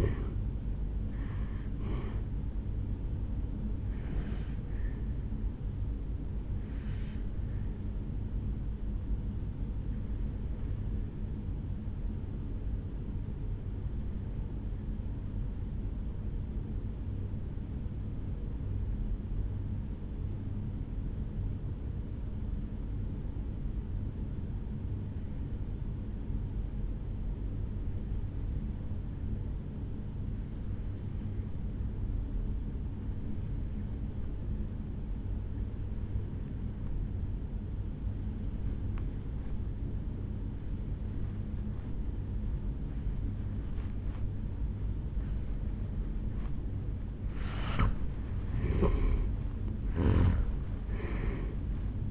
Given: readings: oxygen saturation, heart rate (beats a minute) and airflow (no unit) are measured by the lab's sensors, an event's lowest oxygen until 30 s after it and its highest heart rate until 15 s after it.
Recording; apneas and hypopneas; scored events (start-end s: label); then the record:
breathing in sleep by a smartphone at the bedside; 1
12.00-47.70 s: obstructive apnea (N2, oxygen 98% highest, then 84% lowest, heart rate 53 at the start, 74 highest)
31.00-52.11 s: new sleep stage, N1 (lightest sleep)
From the record:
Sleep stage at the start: N2 (light sleep); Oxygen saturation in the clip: 82 to 98%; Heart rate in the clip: 52 to 79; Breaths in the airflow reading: 3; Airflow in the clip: -11.5 to 9.2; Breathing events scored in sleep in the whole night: 449 in 7.0 hours asleep